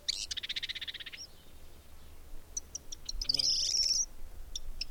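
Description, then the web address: Bird song: a fast buzzy trill, then a thin high whistled note, with scattered sharp chips. "madarak enek"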